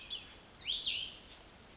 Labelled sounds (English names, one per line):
Cassin's Vireo